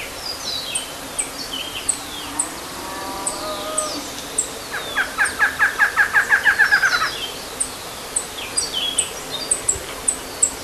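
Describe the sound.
Bird trill: a fast series of clipped notes building in loudness then stopping, amid scattered high thin chirps.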